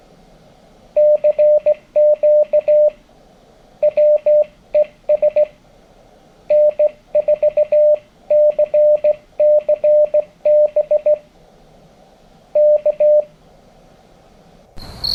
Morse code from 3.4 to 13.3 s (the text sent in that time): WES N4CCB K